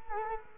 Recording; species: mosquito wingbeat signal from an infrared sensor; Culex quinquefasciatus